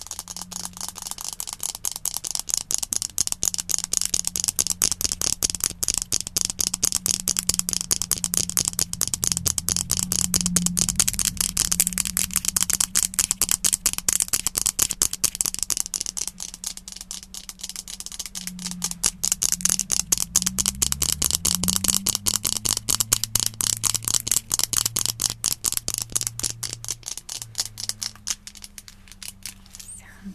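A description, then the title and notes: Rapid, steady fingertip tapping on a soap bar, dense crisp clicks throughout, bright, with a faint low hum in the background. Hand Sounds, Tapping, Soap Tapping & Scratching, Fidgets, Stress Balls, Sticker Tapping.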